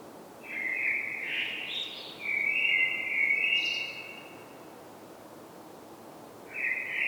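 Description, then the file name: Common blackbird song: a long, varied fluting phrase with brief high squeaks, a pause, then the start of another warble. "Turdus merula"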